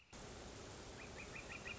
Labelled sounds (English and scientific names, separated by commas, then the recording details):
Northern Flicker (Colaptes auratus)
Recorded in Sonoma County, California